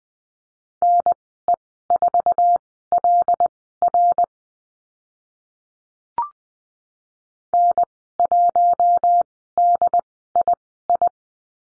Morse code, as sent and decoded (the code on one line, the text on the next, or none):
-. . ....- .-.. .-. / -. .---- -.. .. ..
NE4LR N1DII